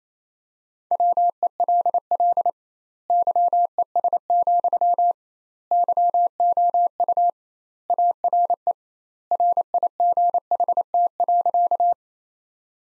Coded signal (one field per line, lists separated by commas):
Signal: Morse code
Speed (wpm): 27 wpm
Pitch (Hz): 700 Hz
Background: none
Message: WELL YES, YOU ARE RIGHT.